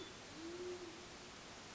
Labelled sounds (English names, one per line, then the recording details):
Band-tailed Pigeon
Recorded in Sonoma County, California